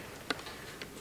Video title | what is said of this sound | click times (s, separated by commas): Alpinestars S-MX Plus Boot Review from SportbikeTrackGear.com | it has a little quick clasp, like so, locks into place, and then just | 0.3 s